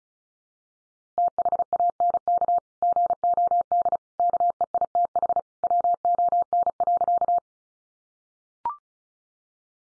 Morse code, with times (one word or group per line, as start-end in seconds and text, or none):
1.2-2.6 THANK
2.8-4.0 GOD
4.2-5.4 KEITH
5.6-7.4 WON.